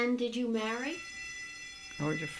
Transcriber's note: an alarm is heard in the background